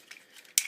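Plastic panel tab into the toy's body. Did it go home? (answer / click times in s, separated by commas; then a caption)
yes / 0.6 s. A plastic panel on a Transformers Generations Combiner Wars Motormaster transforming robot toy is pushed until its tabs seat into the toy's body. After faint soft handling ticks around 0.1 and 0.2 s, one sharp, bright plastic snap lands at 0.6 s as the tab seats into place.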